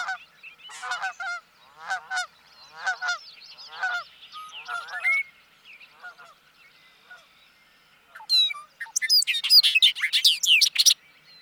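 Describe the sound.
Bobolink song as a bubbling jumble of squeaky notes near the end, after a series of repeated chirping calls.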